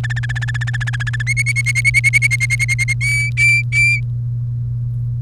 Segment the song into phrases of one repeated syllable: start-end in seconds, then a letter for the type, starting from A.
0.03-1.22 A, 1.27-2.93 B, 3.01-4.00 C